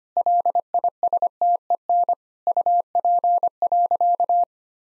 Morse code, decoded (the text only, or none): LISTEN UP.